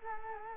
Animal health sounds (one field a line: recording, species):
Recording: mosquito wingbeat signal from an infrared sensor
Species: Culex quinquefasciatus